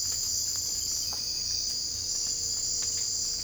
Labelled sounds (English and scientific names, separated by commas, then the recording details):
none
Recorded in secondary vegetation near Puerto Asís, Putumayo, Colombia, on 18 December 2024 at 04:30
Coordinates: 0.481, -76.318
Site G042